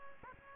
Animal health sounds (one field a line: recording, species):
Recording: mosquito wingbeat signal from an infrared sensor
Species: Aedes albopictus